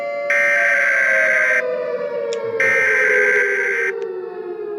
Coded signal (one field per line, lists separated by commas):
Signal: Emergency Alert System (SAME) tones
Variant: header bursts